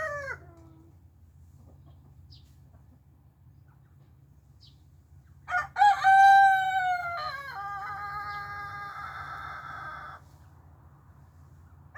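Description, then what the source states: Chicken: rooster crows, a fading tail at the start, then a loud full crow around six seconds ending in a long held note, with a low hum throughout. Four roosters crowing: a young black Silkie, Kuro, still developing his crow, and three louder adult roosters, including newcomer Rocky, who became dominant.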